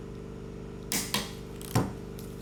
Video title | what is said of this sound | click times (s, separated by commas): Front Wheel Bearing & Strut Replacement On a Toyota Highlander Part 1 | so right there I hope you heard the torque wrench click so that was 63 foot pound | 0.9 s